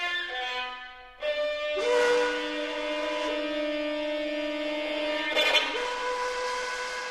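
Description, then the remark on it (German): A departing train's whistle blows in long, steady chord-like tones that step to new pitches a few times, loud and sustained for the whole stretch, with no one talking. “Bringst du mich zur Bahn? Wann fährt dein Zug?”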